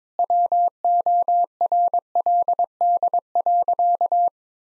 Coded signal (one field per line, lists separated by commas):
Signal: Morse code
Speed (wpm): 22 wpm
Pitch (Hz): 700 Hz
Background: none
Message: WORLD.